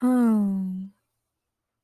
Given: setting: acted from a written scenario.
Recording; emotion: vocal sound without words; ecstasy